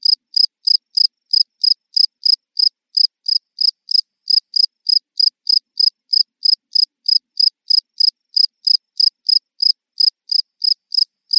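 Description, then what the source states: Cricket chirping, a steady run of short, high, even chirps repeated about three times a second without pause, with nothing else heard. Constant chirping.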